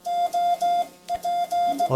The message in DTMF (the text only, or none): none